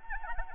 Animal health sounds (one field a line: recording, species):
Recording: mosquito wingbeat signal from an infrared sensor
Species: Anopheles arabiensis